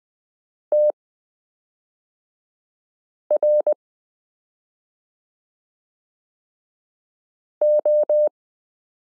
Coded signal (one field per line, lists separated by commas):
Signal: Morse code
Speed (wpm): 20 wpm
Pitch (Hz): 600 Hz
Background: none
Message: TR O